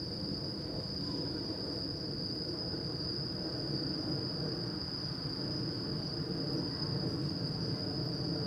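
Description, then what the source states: Cricket chorus holding one constant high trill, partly masked by a steady low rumble. Crickets calling at night in Shinjuku Gyoen Park, Shinjuku, Tokyo, Japan; recorded with DPA 4060 AB microphones into a Deity PR-2.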